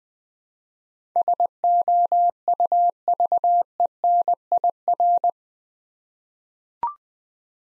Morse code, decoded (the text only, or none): SOUVENIR